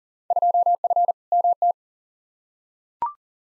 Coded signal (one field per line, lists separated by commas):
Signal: Morse code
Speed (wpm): 40 wpm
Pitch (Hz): 700 Hz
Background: none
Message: 2F MT